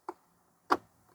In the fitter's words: it snaps in there like that, and you're ready to go.